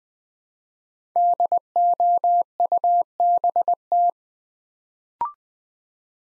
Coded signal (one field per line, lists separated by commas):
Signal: Morse code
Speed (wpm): 20 wpm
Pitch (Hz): 700 Hz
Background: none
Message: DOUBT